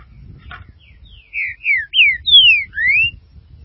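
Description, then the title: Green-winged saltator song: a phrase of five loud, clear slurred whistles, mostly falling and the last rising, delivered in about two seconds after a soft click. "Trinca Ferro"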